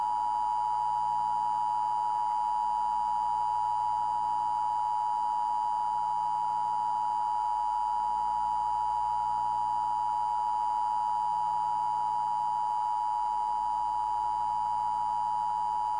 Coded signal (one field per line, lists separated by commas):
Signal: Emergency Alert System (SAME) tones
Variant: 853 and 960 Hz attention tone